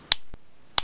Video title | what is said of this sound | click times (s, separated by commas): Power Rangers MegaForce Gosei Grand Review Part 2 (Gosei Great Grand Megazord) | you rotate these they'll click some so you want to rotate them | 0.1 s, 0.8 s